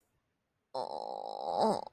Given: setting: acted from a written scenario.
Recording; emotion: vocal sound without words; shame